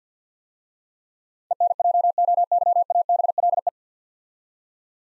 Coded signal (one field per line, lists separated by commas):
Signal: Morse code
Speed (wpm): 49 wpm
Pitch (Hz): 700 Hz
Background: none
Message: ENJOYABLE